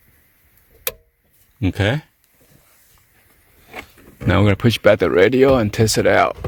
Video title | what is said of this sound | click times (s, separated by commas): Fix VW Rabbit Golf GTI Jetta Passat Dead Radio Not Working or Powering On | Make sure you press the lever down in order to hear a click. | 0.9 s